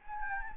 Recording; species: mosquito wingbeat signal from an infrared sensor; Anopheles gambiae